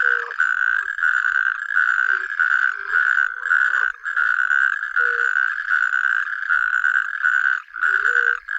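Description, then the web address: Natterjack toad giving a loud, continuous churring rattle in long bursts with short breaks, plus a few brief low notes in the background. "Tajemnice puszczy Ropucha piaskówka"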